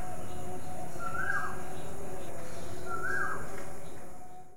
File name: Koel